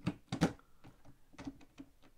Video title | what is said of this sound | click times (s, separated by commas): Unboxing the Rhino Arc II Slider (and getting it to move) | locks into place and then simply tighten it back up okay | 0.3 s